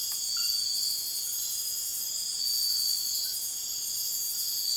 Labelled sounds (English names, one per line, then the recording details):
none
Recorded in dense forest near Puerto Asís, Putumayo, Colombia, on 19 February 2024 at 03:00
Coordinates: 0.502, -76.326
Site G6460